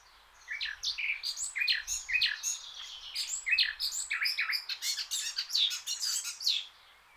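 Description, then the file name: Eurasian blackcap song: a scratchy warbled start building into a varied run of fluting and chattering notes. "Sylvia atricapilla"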